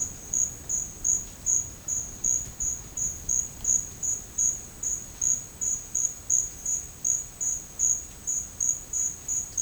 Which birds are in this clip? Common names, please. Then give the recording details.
none. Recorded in dense forest near Puerto Asís, Putumayo, Colombia, on 27 June 2025 at 12:00. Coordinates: 0.481, -76.323. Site G072